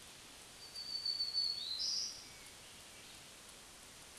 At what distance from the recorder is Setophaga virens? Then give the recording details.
about 20 m. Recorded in a Pennsylvania forest on 1 June 2023 at 07:58. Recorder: AudioMoth, point grid3_24_high. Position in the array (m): 142 m, 278 m